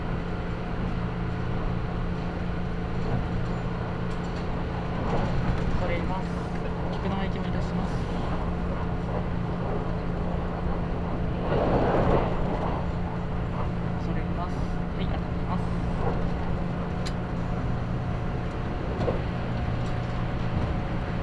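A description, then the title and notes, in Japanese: Inside a limited express train running on a main line, a steady low rumble and hum fill the whole clip with little change in level. Faint clicks and rattles come through now and then, with a brighter swell of rushing noise around twelve seconds. 長崎本線 佐賀→鳥栖 特急みどり16号。車内は6割くらいの乗車率でした。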